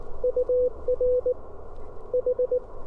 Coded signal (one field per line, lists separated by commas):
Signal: Morse code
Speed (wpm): 18 wpm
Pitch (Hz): 500 Hz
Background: none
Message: UR H